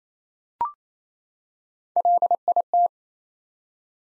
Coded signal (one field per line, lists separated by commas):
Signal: Morse code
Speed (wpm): 28 wpm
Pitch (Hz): 700 Hz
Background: none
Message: LIT